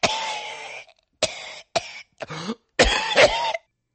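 A run of about five or six harsh, explosive adult coughs over four seconds, heard from behind in a supermarket. Each is a sharp, noisy burst, and some are drawn out with a throaty, clearing quality. A plain cough: its sound alone does not reveal whether the cause is infectious or benign.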